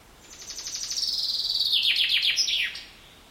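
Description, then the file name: Common chaffinch song: a rapid run of repeated notes that grows louder, drops into lower slurred notes, and ends in a brief flourish. "Fringilla coelebs"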